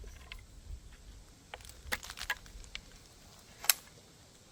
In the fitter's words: Clicks into place.